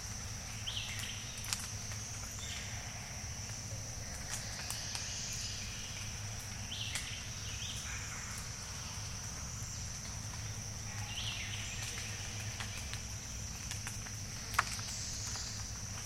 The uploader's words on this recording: Morning at Jessamine Bayou. Jessamine Bayou is a seasonally flooded forest in the heart of America's Amazon, the Mobile-Tensaw River Delta. These recordings are taken from overnight "drop rigs" left at the edge of a tributary surrounded cypress swamp and adjacent to a field of saw palmetto. In the evening a diffuse chorus of bird-voiced treefrogs. Recorded June 16-17 2021 in the Mobile-Tensaw Delta of Alabama by David Michael and Michael Clemow.